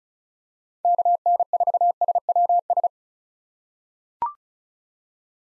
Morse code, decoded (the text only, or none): KN4SWS